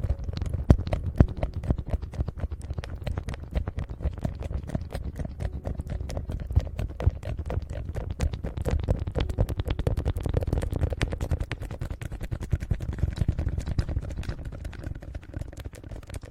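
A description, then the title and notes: Dense, irregular crunching and sticky clicking of eating sugar and gel massage, rapid taps throughout, steady low rumble underneath, fading slightly near the end. Eating sugar, aloe vera gel ear massage.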